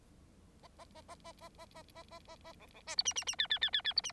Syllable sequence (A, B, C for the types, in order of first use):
A A A A A A A A A A A A B B C D E E E F F F F F D E